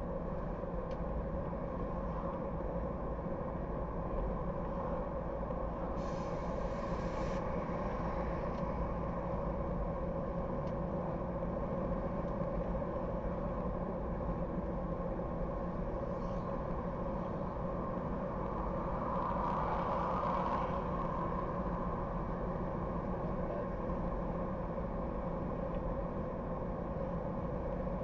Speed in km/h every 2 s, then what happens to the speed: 70, 70, 70, 70, 71, 71, 72, 72, 72, 72, 72, 73, 73, 73.
0-28 steady at about 72.